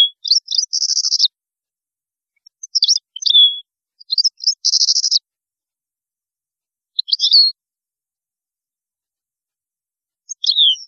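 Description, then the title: European goldfinch song: bursts of bright twittering notes with fast buzzy trills, separated by pauses of varying length. "Chant Chardonneret"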